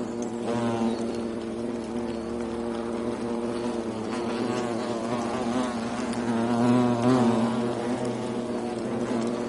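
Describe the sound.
European hornet wing buzz, a steady low droning hum with wavering pitch, several buzzing tones overlapping and swelling slightly louder in the later part.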